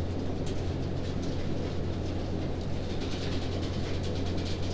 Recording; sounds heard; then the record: poultry house recording; no chicken sound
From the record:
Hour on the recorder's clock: 21